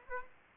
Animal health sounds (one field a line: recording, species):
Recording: mosquito wingbeat signal from an infrared sensor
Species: Aedes aegypti